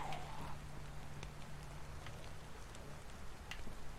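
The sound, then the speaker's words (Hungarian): Rain falls steadily in a dense, even hiss, with scattered sharper taps of drops striking a surface and a faint low hum running underneath. “Akkor most már lehetne az, hogy eláll az eső, nem?”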